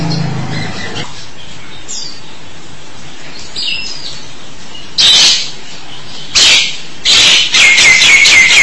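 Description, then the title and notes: Starling calls: quiet start with faint notes, then several loud harsh bursts of scratchy chatter in the last four seconds. "suara burung jalak"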